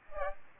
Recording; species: mosquito wingbeat signal from an infrared sensor; Aedes aegypti